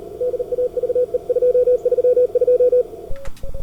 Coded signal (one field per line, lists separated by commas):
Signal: Morse code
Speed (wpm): 42 wpm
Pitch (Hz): 490 Hz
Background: none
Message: DAVE 232